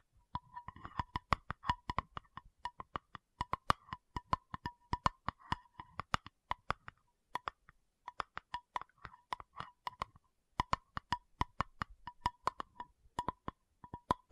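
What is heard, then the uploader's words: Sharp, crisp taps come in a quick, fairly steady stream, several per second, with a few short pauses around eight and ten seconds. Each tap is a bright, dry click, and a faint ringing tone hums beneath them throughout. No talking is heard. Tapping Session (No Talking).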